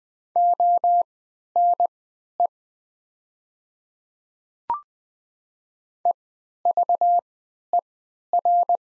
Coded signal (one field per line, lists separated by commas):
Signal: Morse code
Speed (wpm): 20 wpm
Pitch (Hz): 700 Hz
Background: none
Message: ONE EVER